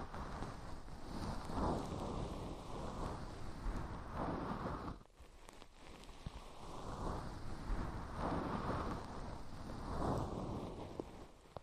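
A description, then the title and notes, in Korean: Fluffy ear cleaning: a dense, scratchy rustle that rises and falls in slow waves, heaviest in the low and middle range. The sound drops away briefly around five seconds, then swells back and keeps brushing steadily until the end. 솜털 귀청소 동시에 (인트로 수다 X).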